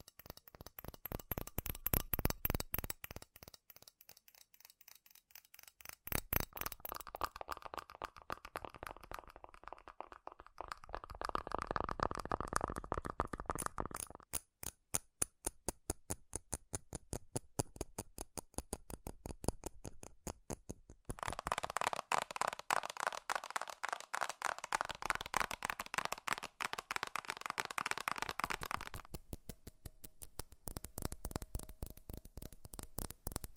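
Rapid metal tapping rattles on in dense, fast strokes, nearly continuous for most of the clip. The pace and tone shift in sections: a quieter thin patch around five seconds, then brighter, heavier bursts near six to fourteen and twenty-one to twenty-nine seconds.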